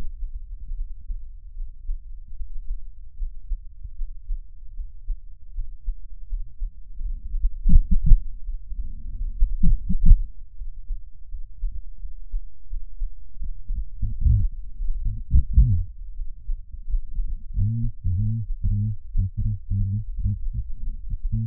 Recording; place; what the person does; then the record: lung sounds by stethoscope; right anterior apical chest; quiet breathing, then cough and speech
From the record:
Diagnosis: none (healthy); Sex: male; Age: 29 years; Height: 180 cm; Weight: 100 kg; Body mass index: 30.9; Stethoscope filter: bell mode